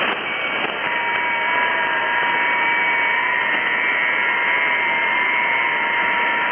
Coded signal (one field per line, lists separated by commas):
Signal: FT8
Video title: K8R 15M FT8 QSO